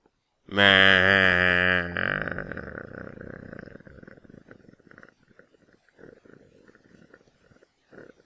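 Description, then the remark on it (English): A voice imitates a lawnmower failing to start, summing up the E3 gaming event this year: a loud, buzzy engine drone for about a second and a half, then sputtering, uneven chugs that fade out over several seconds. “You sound like me trying to start up a lawnmower that doesn't want to start up.”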